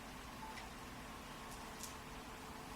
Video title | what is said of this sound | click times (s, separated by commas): Stengel_Max_Actual_Demo_How to fix a cracked iPod Touch 4th Gen screen. | once you hear a click | 1.8 s